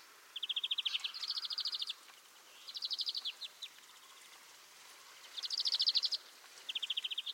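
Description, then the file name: European greenfinch uttering several short, rattling trills, each a quick run of identical high notes, given at irregular intervals over light steady noise. "Chloris chloris"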